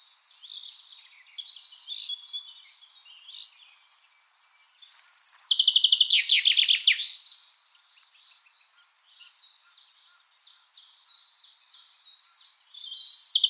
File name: Fringilla coelebs